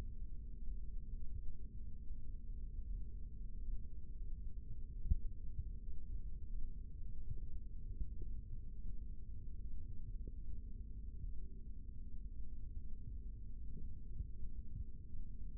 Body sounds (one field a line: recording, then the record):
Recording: forearm muscle sounds (acoustic myography)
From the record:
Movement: rest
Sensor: system 3, bracelet of six PUI Audio POM-2738L microphones around the upper forearm, with dedicated amplification and filtering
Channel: 1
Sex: male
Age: 25 years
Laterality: right